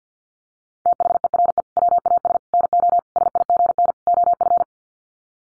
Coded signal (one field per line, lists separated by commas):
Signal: Morse code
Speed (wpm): 49 wpm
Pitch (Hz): 700 Hz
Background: none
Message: THERE WAS NO SIGN OF